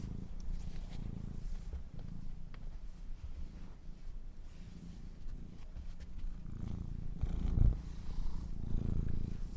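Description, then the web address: Domestic cat purring softly and low, gentle breathing cycles growing louder toward the end, with a small knock. Kittens purring. "sleepandrelaxasmr. The Purring Kittens"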